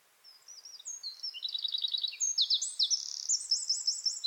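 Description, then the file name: Eurasian wren song: a loud, rapid, very high outpouring of thin notes and fast rattling trills, building in strength and running without pause to the end. "Troglodytes troglodytes"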